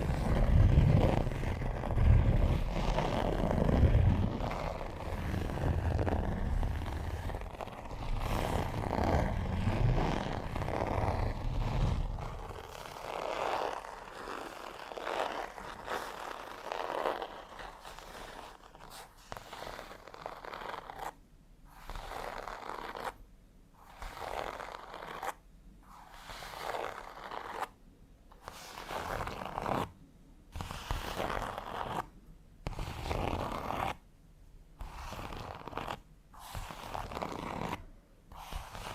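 Fingers and needle-like nails scratch over textured leather in dense, rasping strokes. For the first twelve seconds a heavy low rumble and thick scraping fill the sound, then it thins to lighter scratches broken by short pauses, turning choppier and more rhythmic near the end.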